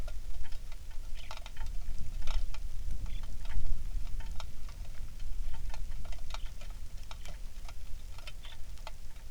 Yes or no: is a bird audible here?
yes